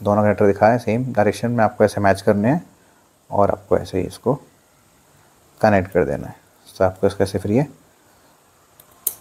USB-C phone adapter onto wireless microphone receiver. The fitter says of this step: Slide होगा। Clicking आपको sound आएगा जिससे मालूम पड़ जाएगा आपको यह प्रॉपर कनेक्ट हो चुका है।